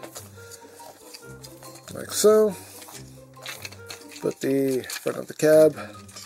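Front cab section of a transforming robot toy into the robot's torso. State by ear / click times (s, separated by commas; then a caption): not seated / none. Someone talks while handling a plastic transforming robot toy, putting the front cab section of the truck back toward the robot's torso. Short, sharp plastic taps and knocks are heard between about 3.6 and 4.3 seconds. The part has not snapped into place yet; nothing has seated or clicked by the end.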